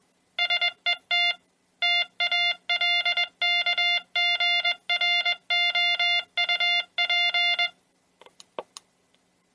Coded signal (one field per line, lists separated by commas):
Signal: Morse code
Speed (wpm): 21 wpm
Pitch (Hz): 2100 Hz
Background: music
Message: SET TALKGROUP